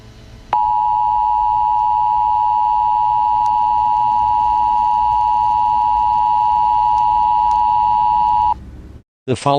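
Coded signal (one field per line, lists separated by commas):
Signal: Emergency Alert System (SAME) tones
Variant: 853 and 960 Hz attention tone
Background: speech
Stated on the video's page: Preview of a fictional EAS scenario.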